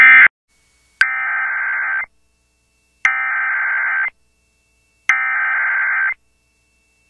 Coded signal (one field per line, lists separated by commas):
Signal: Emergency Alert System (SAME) tones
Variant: header bursts